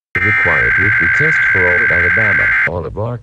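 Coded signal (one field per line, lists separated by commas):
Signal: Emergency Alert System (SAME) tones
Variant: header bursts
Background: speech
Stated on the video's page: Monday tests and IPAWS alerts.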